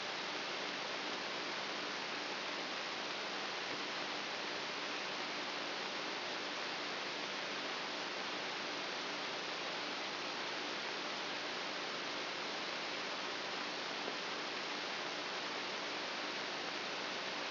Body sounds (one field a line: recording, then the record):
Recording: brain microelectrode recording played as sound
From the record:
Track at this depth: outside the subthalamic nucleus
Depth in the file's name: 6.64 mm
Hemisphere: right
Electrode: 2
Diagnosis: Parkinson's disease